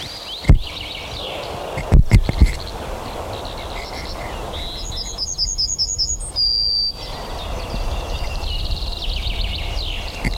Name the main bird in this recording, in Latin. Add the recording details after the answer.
Emberiza citrinella. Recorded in the wild. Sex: male. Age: adult. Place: Zepernick, OT Hobrechtsfelde, Brandenburg, DE. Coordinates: 52.666, 13.495. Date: 1993-04-20 14:20. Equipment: Sony WM-D6C, Sennheiser ME 80, K 30 AV, Kopie Tascam 22-2. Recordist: Quaisser, Christiane